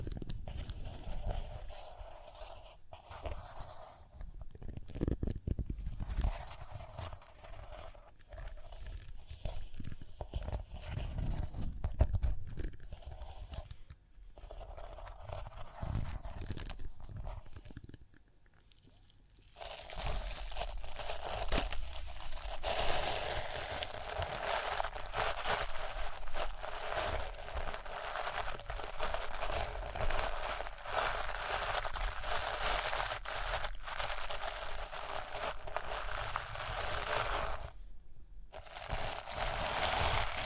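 Tapping and scratching on rhinestones, with irregular soft knocks and scrapes for the first twenty seconds, briefly pausing around 14 and 18 seconds. After that, a dense, bright brushing takes over, steady and crinkly, with a short break near 38 seconds.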